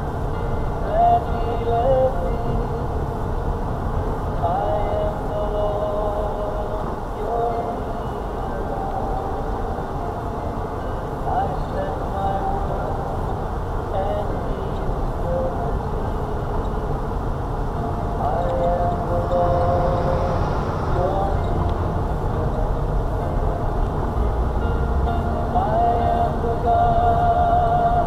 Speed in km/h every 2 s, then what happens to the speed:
18, 18, 11, 8, 13, 16, 16, 18, 19, 26, 24, 21, 19, 23.
0-6 slows to 8. 6-17 speeds up to 26.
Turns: none.